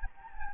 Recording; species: mosquito wingbeat signal from an infrared sensor; Anopheles gambiae